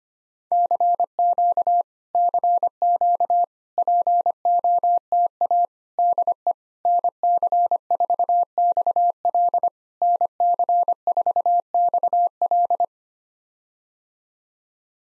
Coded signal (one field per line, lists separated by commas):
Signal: Morse code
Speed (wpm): 25 wpm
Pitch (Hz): 700 Hz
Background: none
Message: CQ CQ POTA DE NC4XL NC4XL